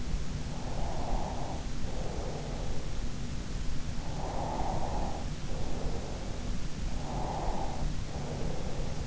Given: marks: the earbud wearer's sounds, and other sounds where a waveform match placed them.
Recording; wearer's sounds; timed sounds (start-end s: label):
sounds in sleep by an in-ear microphone; breath
0.69-2.84 s: breath
4.20-6.44 s: breath
7.08-9.07 s: breath